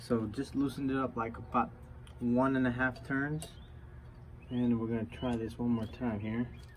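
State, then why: Not seated. Someone talks while handling a Google Nest video doorbell to clip it onto its wall mounting bracket, after loosening the bottom screw about one and a half turns because over-tightening it had bent the bracket. The doorbell has not seated or clicked onto the bracket yet.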